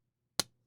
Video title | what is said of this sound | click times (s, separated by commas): Unboxing a cool budget version of the Divo Knives purple aluminum hollow ground 154CM Nip… cool! 😎 | nice Clickety no detent lash | 0.4 s